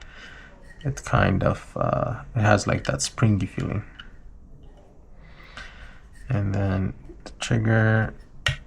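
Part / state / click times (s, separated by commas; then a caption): trigger assembly into pistol frame / partly seated / 8.5 s. A trigger assembly with its shoe is pushed into a polymer pistol frame while someone talks, and a single sharp click lands at 8.5 s. Only one of the two needed clicks is heard, so the part is not fully home.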